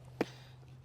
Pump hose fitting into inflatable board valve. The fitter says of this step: And then this right here, this end, locks in place right there.